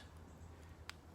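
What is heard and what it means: A two-pin wiring connector for an electric water pump, with ground in pin A and positive in pin B, is pushed into its mating connector on the pump harness. Over a low background hum, a single sharp, short click sounds at 0.9 s as the plastic latch seats. The connector is locked in place.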